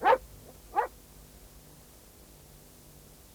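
A dog gives two sharp barks about a second apart, then a third bark starts right at the end, over a quiet steady background hiss with no talking.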